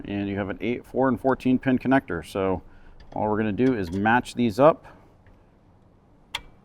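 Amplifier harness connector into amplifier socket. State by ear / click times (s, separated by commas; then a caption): seated / 6.3 s. Someone talks while matching the 8-, 4- and 14-pin plugs of an amplifier main harness to the amplifier's sockets during a plug-and-play 5-channel amp and 10" sub install (Kicker, Alpine, AudX) in a 2016–2023 Toyota Tacoma. After the talking stops and a quiet pause, a single sharp click at 6.4 s marks the harness connector snapping into place in the amplifier.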